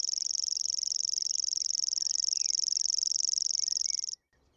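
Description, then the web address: Common grasshopper warbler reeling: an unbroken high mechanical trill, rapidly pulsed, that runs for about four seconds and then stops abruptly, with a few soft bird notes beneath. "didier collin locustelle tachetee"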